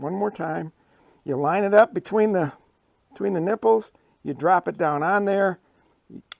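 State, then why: Seated. A revolver hammer is lined up between the nipples of a loaded cap and ball revolver and dropped down, then the steel cylinder is given a little twist. Someone talks through most of the clip, and at 6.3 s a sharp click is heard as the notch at the bottom of the hammer engages the cylinder safety pin, seating it so the revolver is safe.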